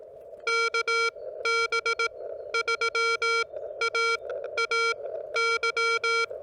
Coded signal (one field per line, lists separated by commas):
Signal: Morse code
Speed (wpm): 18 wpm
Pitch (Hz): 1380 Hz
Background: none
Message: KB3AAY